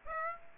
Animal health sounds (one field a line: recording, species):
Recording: mosquito wingbeat signal from an infrared sensor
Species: Aedes aegypti